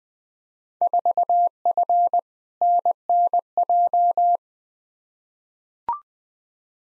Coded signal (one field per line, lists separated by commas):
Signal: Morse code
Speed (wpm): 20 wpm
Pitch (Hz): 700 Hz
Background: none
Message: 4F NNJ